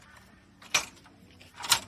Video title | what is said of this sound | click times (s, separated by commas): Vamuz User Guide | in, click. So | 1.7 s